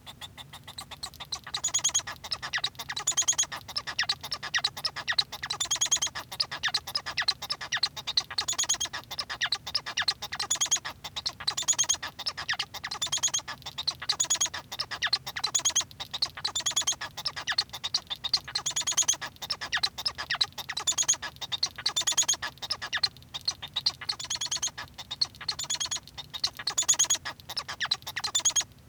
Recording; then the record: song of a male Bengalese finch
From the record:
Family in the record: son of father 1